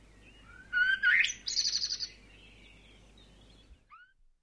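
Bird calling: a few sharp rising notes, then a fast buzzy trill lasting about half a second, followed later by two soft downslurred notes against background hiss.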